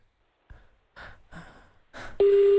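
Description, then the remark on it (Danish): A few short breathy bursts are followed by a Thai telephone ringing tone on a call: a loud, steady single-pitched hum with a buzzy edge that starts abruptly and holds to the end. “Det er meget trist ringetone, de har i Thailand.”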